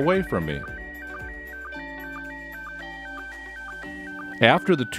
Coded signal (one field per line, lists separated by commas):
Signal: SSTV (slow-scan television)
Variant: PD 120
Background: speech